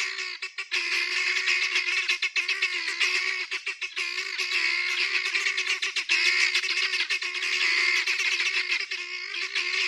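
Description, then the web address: Guineafowl keeping up a loud, dense, scratchy chatter of fast repeated notes for the whole stretch. "aswat Dajaj Genia"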